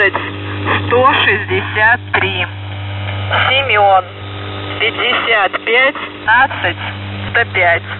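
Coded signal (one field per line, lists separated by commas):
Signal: coded military voice message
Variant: The Goose, Russian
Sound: male voice speaking over a radio channel with a constant low hum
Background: radio hum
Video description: "The Goose" is a Russian military radiostation that broadcasts on 4310 kHz at daytime and on 3243 kHz at nighttime.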